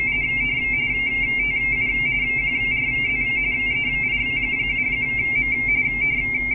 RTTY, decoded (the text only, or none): TU QRZ EI7M